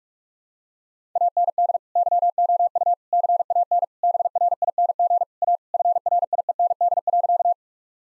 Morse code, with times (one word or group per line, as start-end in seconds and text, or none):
1.2-1.8 AND
2.0-2.9 YOU
3.1-3.8 CAN
4.0-5.2 BRING
5.4-5.6 A
5.7-7.5 FRIEND.